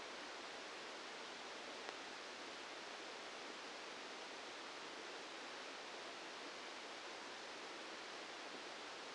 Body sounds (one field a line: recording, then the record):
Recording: brain microelectrode recording played as sound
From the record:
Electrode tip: outside the subthalamic nucleus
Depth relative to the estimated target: -6 mm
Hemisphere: left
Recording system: NeuroSet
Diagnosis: Parkinson's disease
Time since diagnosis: 8 years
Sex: male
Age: 65 years